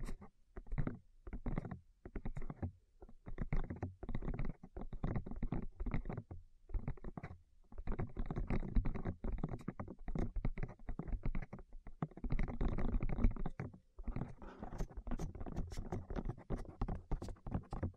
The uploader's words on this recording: ASMR Tap Your Ears 3Dio (No Talking).